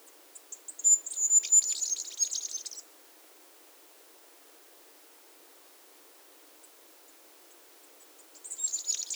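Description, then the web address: Masked flowerpiercer song: a very high, rapid jumbled twitter lasting about two seconds, then quiet, with another burst starting near the end. Recorded at Iguaque, Villa de Leyva and its surroundings, Colombia. "sonidos de las aves iguaque villa de leyva y sus alrededores Diglosa De Antifaz, Diglossa cyanea"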